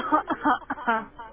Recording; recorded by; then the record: voluntary cough; telephone call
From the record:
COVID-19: positive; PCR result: checked with the laboratory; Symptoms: no